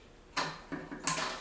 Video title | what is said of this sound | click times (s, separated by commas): I have wanted this tool for years! | so then that should be locked into place, ready to work. | 0.7 s, 1.1 s